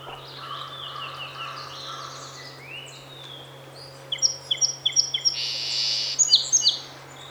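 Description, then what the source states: Song sparrow: a soft song first, then a louder one of sharp, repeated chip notes, a rasping buzz and a closing flourish, steady low hum underneath. Seven songs recorded on 8 June 2018.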